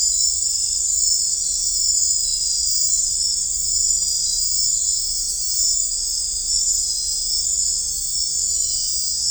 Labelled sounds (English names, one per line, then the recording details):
none
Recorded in dense forest near Puerto Asís, Putumayo, Colombia, on 16 December 2024 at 01:30
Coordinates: 0.500, -76.322
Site G053